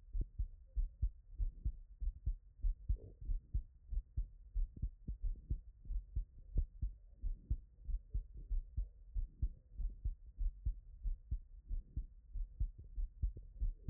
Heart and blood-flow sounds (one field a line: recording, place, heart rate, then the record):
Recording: heart sounds by stethoscope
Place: Erb's point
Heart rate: 93 bpm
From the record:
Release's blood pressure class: elevated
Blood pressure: 125/72 mmHg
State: after exercise